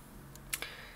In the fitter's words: and then it'll lock into place as we slide it forward just like that.